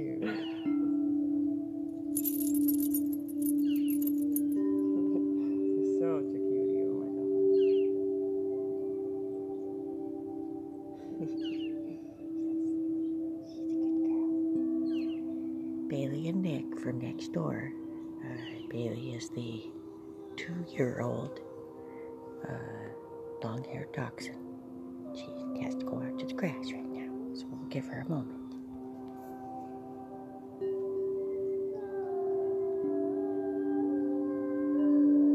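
Tibetan singing bowls hum in steady overlapping tones while bright chimes and jingles sparkle early and clusters of clattering taps cluster midway.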